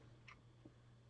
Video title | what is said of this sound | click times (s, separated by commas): Lego Dodge Charger live stream 28 - Hood latch mechanism | so here it latches now | 0.3 s